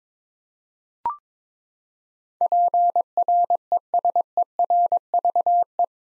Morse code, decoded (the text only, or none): PRESERVE